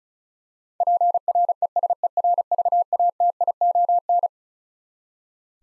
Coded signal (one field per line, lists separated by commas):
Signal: Morse code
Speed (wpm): 36 wpm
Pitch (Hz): 700 Hz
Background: none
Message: PRESERVATION